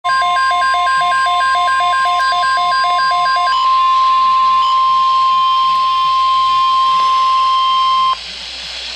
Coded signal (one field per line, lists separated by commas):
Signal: Emergency Alert System (SAME) tones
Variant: 1050 Hz attention tone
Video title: Severe T-Storm Watch #636 Expansion [EAS #148] 9-8-12